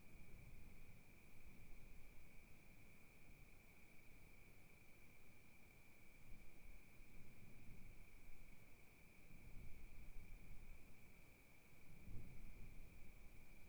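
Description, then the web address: Cricket giving a continuous high-pitched trill without pause, while soft wind gusts rise and fall beneath it. Wild crickets recorded at night at Kiger Lookout, Oregon, in 2015, in wilderness, with gentle wind gusts. "Sonniss com - GDC 2018-Game Audio Bundle Discover Oregon - Wilderness Crickets Crickets 2015 Kiger Lookout Night Crickets Gusts Gentle"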